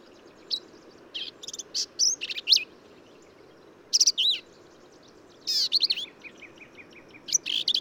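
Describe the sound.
Black-capped vireo song of rapid, varied phrases mixing thin slurred whistles, harsh buzzes and squeaky notes, given in quick succession with short pauses.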